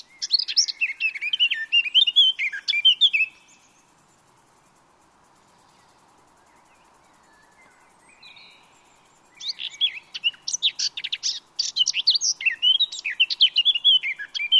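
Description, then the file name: Eurasian blackcap song: three seconds of fast mixed warbling, a quiet gap with one soft note, then a longer, denser run of sharp, varied chattering notes. "Sylvia atricapilla"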